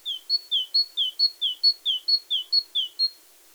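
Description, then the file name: Great tit repeating a two-note phrase, alternating a lower and a higher whistled note, many notes in a steady, even rhythm. "Parus major"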